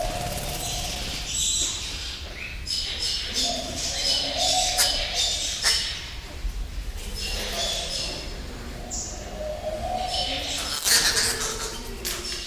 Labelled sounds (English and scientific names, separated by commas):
Double-toothed Barbet (Lybius bidentatus)